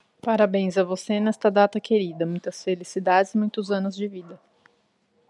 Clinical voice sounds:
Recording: short text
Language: Brazilian Portuguese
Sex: female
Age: 30 to 39 years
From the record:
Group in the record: control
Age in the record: 38 years

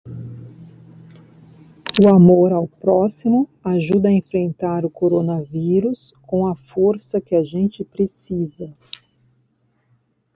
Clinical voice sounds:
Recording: spoken sentence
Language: Brazilian Portuguese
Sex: female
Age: 40 to 49 years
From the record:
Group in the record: control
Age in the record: 45 years

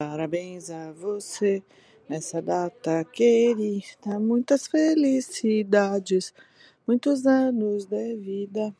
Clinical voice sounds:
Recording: short text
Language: Brazilian Portuguese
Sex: female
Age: 50 to 59 years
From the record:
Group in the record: control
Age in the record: 53 years

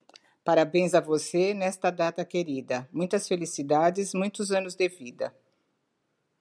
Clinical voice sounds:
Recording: short text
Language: Brazilian Portuguese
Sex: female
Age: 60 to 69 years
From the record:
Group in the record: control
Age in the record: 63 years

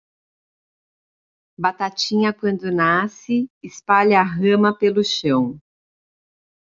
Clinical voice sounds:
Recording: short text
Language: Brazilian Portuguese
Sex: female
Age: 50 to 59 years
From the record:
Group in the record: control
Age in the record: 53 years

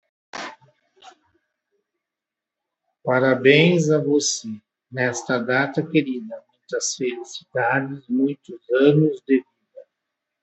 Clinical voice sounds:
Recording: short text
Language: Brazilian Portuguese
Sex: male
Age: 50 to 59 years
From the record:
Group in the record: control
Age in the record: 57 years

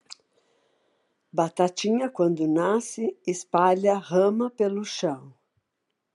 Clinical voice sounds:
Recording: short text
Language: Brazilian Portuguese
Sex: female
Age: 60 to 69 years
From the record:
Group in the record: control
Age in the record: 60 years

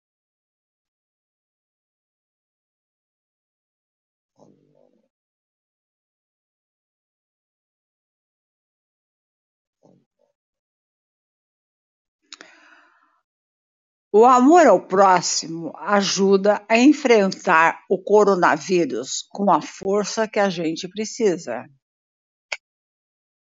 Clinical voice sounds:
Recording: spoken sentence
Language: Brazilian Portuguese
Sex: female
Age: 70 to 79 years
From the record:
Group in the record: control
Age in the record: 75 years

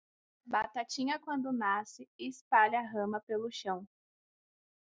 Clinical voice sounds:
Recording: short text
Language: Brazilian Portuguese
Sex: female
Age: 20 to 29 years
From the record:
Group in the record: control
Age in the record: 21 years

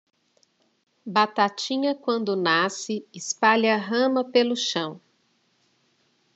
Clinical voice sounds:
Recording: short text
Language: Brazilian Portuguese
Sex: female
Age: 40 to 49 years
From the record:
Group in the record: control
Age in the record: 45 years

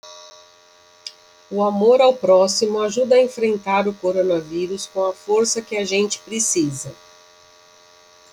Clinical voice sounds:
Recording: spoken sentence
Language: Brazilian Portuguese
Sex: female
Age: 50 to 59 years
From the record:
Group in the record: control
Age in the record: 53 years

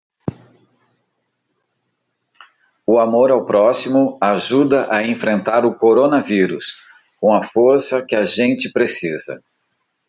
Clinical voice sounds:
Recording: spoken sentence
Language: Brazilian Portuguese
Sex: male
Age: 50 to 59 years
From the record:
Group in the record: control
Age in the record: 52 years

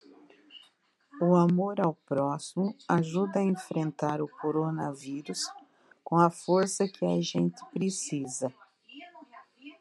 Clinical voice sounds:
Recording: spoken sentence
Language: Brazilian Portuguese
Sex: female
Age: 60 to 69 years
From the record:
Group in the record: control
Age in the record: 62 years

